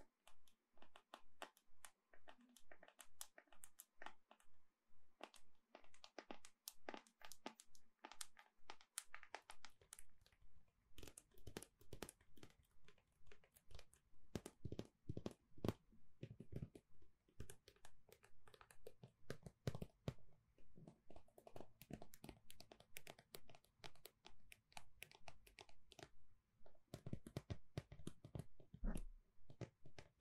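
Gentle tapping, a steady stream of quick, crisp taps and light crinkly scratches running the whole way through. For the first nine seconds a soft, regular low thumping pulses underneath; after that the taps turn denser and fuller, coming in clustered bursts.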